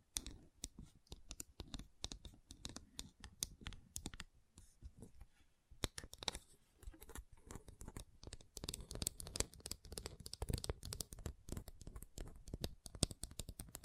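Gentle tapping comes in quick, dense clusters of light clicks, like fingertips on a hard surface. The taps run nearly continuously with a few brief pauses around four and six seconds, then grow busier and a bit brighter after about eight seconds.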